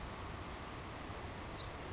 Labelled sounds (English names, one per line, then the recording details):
Savannah Sparrow
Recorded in Sonoma County, California